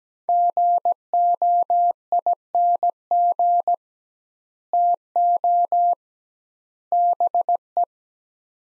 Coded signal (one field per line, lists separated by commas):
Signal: Morse code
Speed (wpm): 17 wpm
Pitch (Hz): 700 Hz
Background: none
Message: GOING TO BE